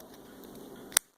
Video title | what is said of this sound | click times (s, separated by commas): TinyDuino OLED 433mHZ RF Link Receiver Prototype Shield | snap right in just like that | 1.0 s